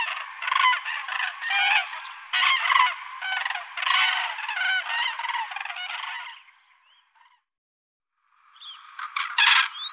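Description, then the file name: Common crane giving a dense series of bugling calls for about six seconds, then a brief pause before a few more loud trumpeting calls. "Trana"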